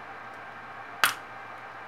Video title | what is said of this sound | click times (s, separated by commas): Toy Review: Toy World TW-01 Hegemon | Okay. You got a nice clicking sound there. | 1.0 s